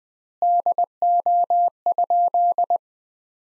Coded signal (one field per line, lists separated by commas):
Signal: Morse code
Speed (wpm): 20 wpm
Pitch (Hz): 700 Hz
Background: none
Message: DO?